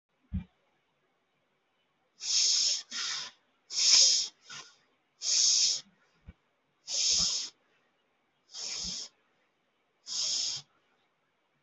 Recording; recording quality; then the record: shallow breathing; moderate, slight background noise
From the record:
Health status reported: healthy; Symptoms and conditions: none ticked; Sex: female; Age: 23 years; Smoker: not ticked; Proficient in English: yes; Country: India